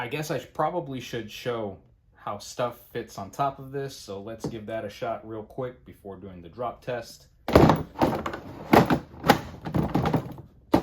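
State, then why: Seated. Someone talks, then a plastic organizer box is set onto the top of a Milwaukee Packout tool tray with several plastic knocks and thunks from about 7.6 s. It is pressed down until it latches, clicking into place at 10.7 s.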